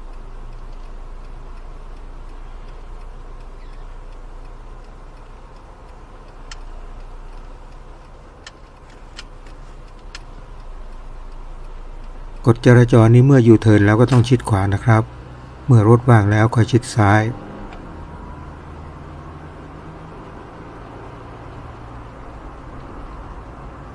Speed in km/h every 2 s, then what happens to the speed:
5, 6, 7, 7, 7, 7, 7, 15, 27, 36, 40, 40.
0-12 steady at about 7. 12-24 speeds up to 40.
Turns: 5-14.